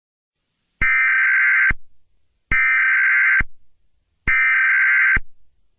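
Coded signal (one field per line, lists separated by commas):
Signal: Emergency Alert System (SAME) tones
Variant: header bursts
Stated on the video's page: Mock severe thunderstorm warning, simulated, not a real alert.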